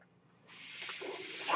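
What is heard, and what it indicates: A steadily rising airy hiss as a home mechanical ventilator pushes air, building louder over about one and a half seconds.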